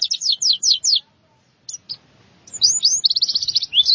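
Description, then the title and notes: White-eye song: a rapid series of several high descending chirps, a short pause, then a quick, buzzy, high twittering phrase of slurred notes. "Suara kicauan burung pleci"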